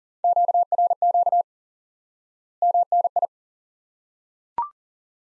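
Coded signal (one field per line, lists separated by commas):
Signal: Morse code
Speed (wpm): 40 wpm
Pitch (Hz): 700 Hz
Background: none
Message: QRQ MNI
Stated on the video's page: High-speed (QRQ) Morse lesson teaching common QSO elements by instant word recognition.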